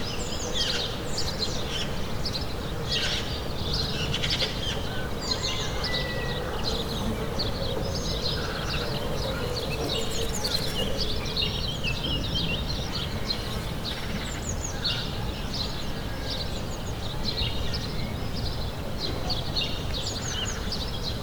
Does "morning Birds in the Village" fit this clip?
yes